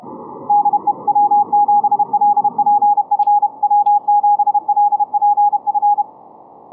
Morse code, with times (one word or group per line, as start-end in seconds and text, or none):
0.5-0.9 DE
1.1-3.5 W7LPF
3.6-6.0 W7LPF